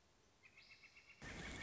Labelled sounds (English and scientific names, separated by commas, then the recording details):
Northern Flicker (Colaptes auratus)
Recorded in Sonoma County, California